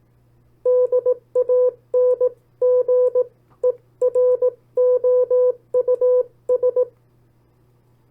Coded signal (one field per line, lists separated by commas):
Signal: Morse code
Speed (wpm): 18 wpm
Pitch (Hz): 500 Hz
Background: none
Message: DANGEROUS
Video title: CW Copy Practice; 10 sets of Opposite Words. Learn CW, Learn Morse Code